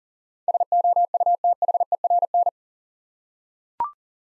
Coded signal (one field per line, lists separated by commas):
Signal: Morse code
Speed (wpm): 40 wpm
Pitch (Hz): 700 Hz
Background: none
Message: SOUTHERN